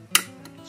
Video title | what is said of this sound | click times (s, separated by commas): Distance Reduction Indicator (DRi) - Installation and Zeroing | sure that this and listen for this little snap or crack all right that little snap or crack it's | 0.2 s